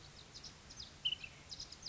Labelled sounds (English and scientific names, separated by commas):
Ash-throated Flycatcher (Myiarchus cinerascens)